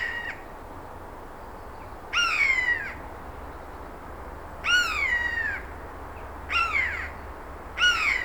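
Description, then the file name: Eurasian jay calling with descending, harmonic mewing notes, three full calls plus clipped ones at the start and end, spaced unevenly over a quiet hissy background. "Garrulus glandarius"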